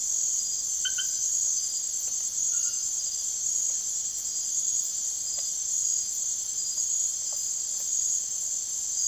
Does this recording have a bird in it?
no